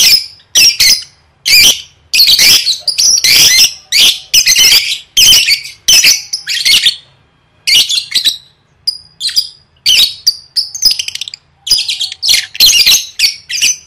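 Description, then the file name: Lovebird calls: a long stream of piercing, squeaky chirps and rasping bursts with brief pauses and a few thin whistled notes. "tieng vet mau don"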